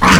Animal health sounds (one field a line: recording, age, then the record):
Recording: pig call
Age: piglet (1 to 25 days)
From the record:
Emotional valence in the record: positive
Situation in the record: reunion after long isolation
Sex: female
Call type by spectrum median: low-frequency call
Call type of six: low-frequency tonal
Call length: 0.20 s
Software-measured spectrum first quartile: 336 Hz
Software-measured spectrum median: 1067 Hz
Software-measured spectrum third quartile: 2055 Hz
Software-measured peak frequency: 179 Hz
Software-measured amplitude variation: 61 dB a second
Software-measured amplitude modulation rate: 21.9 a second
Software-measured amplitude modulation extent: 2.8 dB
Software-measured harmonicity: 1.2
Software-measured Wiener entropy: -1.33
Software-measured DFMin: 886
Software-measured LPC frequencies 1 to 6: 1098, 1587, 2276, 2837, 4656, 5373 Hz